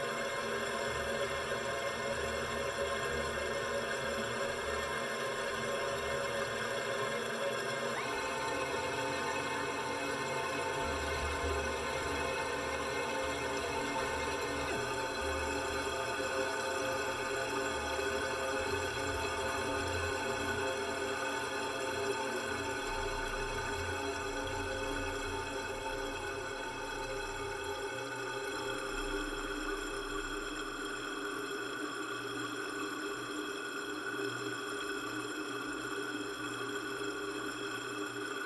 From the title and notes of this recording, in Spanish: La pieza está compuesta por una serie de registros realizados en diferentes localidades de la zona andina del Perú. Como la zona arqueológica de Tipón en el Cusco, donde se registraron una serie de texturas sonoras en un espacio dedicado al culto al agua. Para el registro se utilizaron distintos tipos de grabadoras y micrófonos.